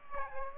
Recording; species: mosquito wingbeat signal from an infrared sensor; Aedes aegypti